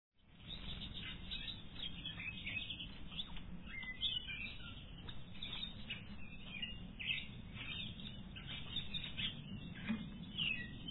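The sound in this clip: Bird chirps: short, bright twittering notes scattered throughout, over a steady low rumble.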